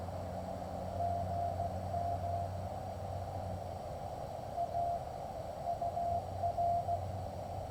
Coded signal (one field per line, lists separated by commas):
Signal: Morse code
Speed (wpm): 16 wpm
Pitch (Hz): 690 Hz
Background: none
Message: GM A UR